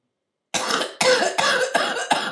The sound of coughing.